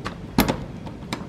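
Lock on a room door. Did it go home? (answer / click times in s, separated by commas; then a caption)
yes / 1.1 s. After some fumbling with keys, a lock on a room door at a fort is pushed until it closes, with rattling and knocking around 0.4 s. The lock clicks shut at 1.1 s and is confirmed locked.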